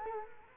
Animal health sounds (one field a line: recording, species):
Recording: mosquito wingbeat signal from an infrared sensor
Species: Culex quinquefasciatus